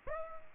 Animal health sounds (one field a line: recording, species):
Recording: mosquito wingbeat signal from an infrared sensor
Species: Aedes aegypti